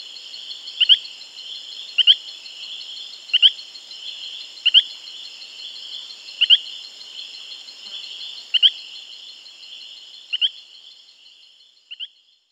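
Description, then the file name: Brilliant-thighed poison frog calling: short rising chirped notes in pairs, repeated every second or two, over a steady high insect drone. "Epipedobates femoralis"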